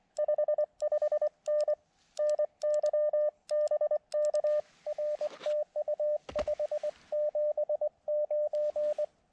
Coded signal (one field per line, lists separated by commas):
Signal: Morse code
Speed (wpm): 23 wpm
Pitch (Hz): 600 Hz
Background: radio noise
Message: 55N NY BK R TU 579